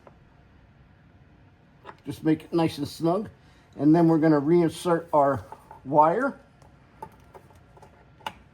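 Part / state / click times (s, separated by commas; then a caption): wiring harness connector into LED license plate light / seated / 8.3 s. A wiring harness connector is pushed back into a new Boost Auto LED license plate light housing on the bumper of a 5th gen Ram 2500 truck. Someone talks, followed by a few faint ticks of handling. A sharp click at 8.3 s marks the connector latching in, seated.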